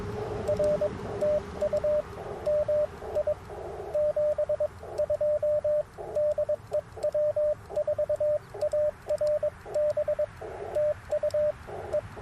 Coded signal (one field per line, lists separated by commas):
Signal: Morse code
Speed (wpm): 22 wpm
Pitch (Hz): 590 Hz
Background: radio noise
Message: R TU MI 72 DE W4ARB TU E